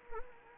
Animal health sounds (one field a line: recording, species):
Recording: mosquito wingbeat signal from an infrared sensor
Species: Anopheles arabiensis